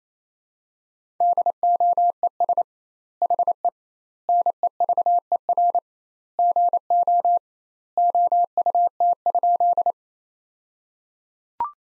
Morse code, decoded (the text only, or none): DOES HE NEVER GO OUT?